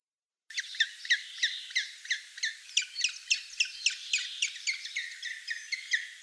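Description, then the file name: Grey-headed woodpecker giving a harsh, rapid chatter of squawking notes, about three per second, continuing steadily throughout. Russia. "Pticy Rossii - Sedoj dyatel Picus canus"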